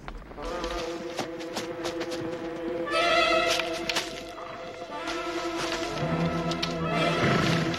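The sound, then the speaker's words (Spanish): Horses whinny and shift about, with a couple of high, wavering neighs rising over a steady rumble of movement and scuffling hooves. “Y bajen de sus caballos.”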